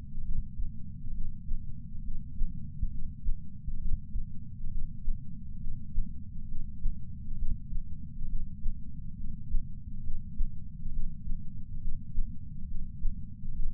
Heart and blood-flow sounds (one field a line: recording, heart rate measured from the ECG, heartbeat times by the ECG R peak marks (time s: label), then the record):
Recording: heart sounds by patch sensor on the chest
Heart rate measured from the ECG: 68 bpm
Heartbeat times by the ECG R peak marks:
0.20 s: heartbeat
1.10 s: heartbeat
2.00 s: heartbeat
2.87 s: heartbeat
3.76 s: heartbeat
4.67 s: heartbeat
5.57 s: heartbeat
6.44 s: heartbeat
7.34 s: heartbeat
8.25 s: heartbeat
9.13 s: heartbeat
9.99 s: heartbeat
10.88 s: heartbeat
11.77 s: heartbeat
12.64 s: heartbeat
13.51 s: heartbeat
From the record:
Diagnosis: coronary artery disease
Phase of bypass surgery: preoperative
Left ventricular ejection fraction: 53.1%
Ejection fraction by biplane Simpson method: 48.3%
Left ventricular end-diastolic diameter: 61 mm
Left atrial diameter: 40 mm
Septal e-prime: 7 cm/s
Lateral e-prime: 11.9 cm/s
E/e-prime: 9.8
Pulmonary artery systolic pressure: 34 mmHg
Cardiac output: 5.1 L/min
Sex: female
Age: 60 years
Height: 158 cm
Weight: 54 kg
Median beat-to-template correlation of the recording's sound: 0.90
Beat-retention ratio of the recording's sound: 1.00